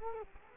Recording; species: mosquito wingbeat signal from an infrared sensor; Culex quinquefasciatus